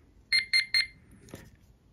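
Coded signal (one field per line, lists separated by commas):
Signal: beep code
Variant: RadioShack talking watch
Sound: three quick high-pitched electronic beeps, then a soft click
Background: quiet room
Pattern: 3 short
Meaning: Returned to the time display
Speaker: takes us back to the time display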